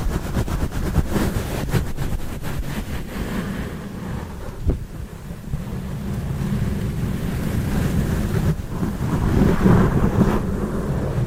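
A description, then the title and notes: Intense mic scratching with a dense low rumble, rapid crackling strokes early on, a sharp knock near five seconds, and rougher, louder rubbing toward the end. Intense Mic Scratching.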